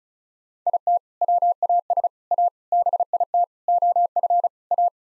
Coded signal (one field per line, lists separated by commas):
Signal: Morse code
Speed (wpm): 36 wpm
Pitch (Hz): 700 Hz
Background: none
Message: IT WAS A BIT OF A